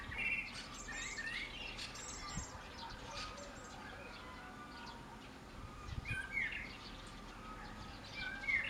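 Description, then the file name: Common blackbird song: a faint phrase near the start, a quieter stretch, then another phrase with high twittering notes near the end. "Turdus merula"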